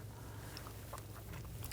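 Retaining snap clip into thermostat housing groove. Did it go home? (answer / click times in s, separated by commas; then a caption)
no / none. A retaining snap clip for the coolant temperature sensor on a 2011-2015 Kia Sorento is guided with needle nose pliers and started in the groove of the thermostat housing. Only small, faint handling ticks are heard over a steady low hum. Nothing has seated or clicked yet.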